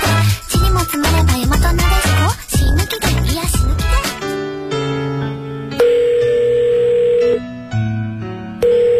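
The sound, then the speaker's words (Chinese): A busy burst of voices and sound gives way to a steady electronic telephone tone from a call made at a public phone booth, a sustained hum that shifts pitch a few times and holds each note for a second or more. “你先别挂电话哟，听我把话讲完，很短的。”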